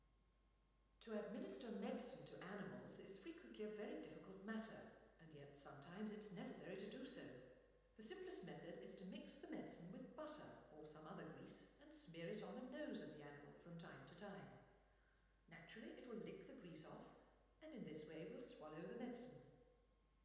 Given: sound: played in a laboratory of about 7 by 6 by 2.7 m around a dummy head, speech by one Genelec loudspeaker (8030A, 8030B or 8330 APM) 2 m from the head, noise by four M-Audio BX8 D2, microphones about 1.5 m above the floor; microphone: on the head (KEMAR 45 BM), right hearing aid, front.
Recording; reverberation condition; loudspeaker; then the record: female speech in English; high; 90 degrees to the right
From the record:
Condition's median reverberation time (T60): about 1300 ms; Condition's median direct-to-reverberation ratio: about -4.0 dB